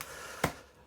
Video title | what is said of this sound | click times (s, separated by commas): Replacing the Keyboard on my Old Laptop (Lenovo Thinkpad T430S) | okay clicked into place i think everything should be good okay see | 0.4 s